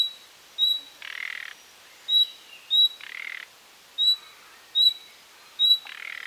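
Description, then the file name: Common nightingale alternating thin high whistles with longer scratchy, harsh rasps. "Luscinia megarhynchos"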